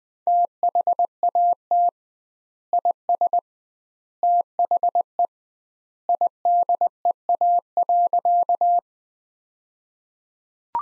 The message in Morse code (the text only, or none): THAT IS THE IDEA.